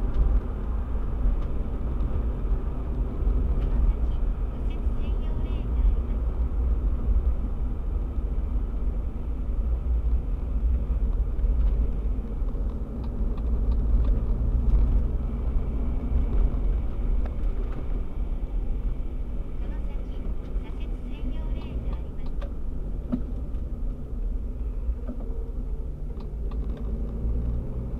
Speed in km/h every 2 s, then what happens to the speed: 46, 47, 45, 43, 40, 39, 38, 43, 45, 45, 44, 43, 28, 27.
0-11 slows to 38. 11-15 speeds up to 45. 15-21 steady at about 45. 21-24 brakes to 28.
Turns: none.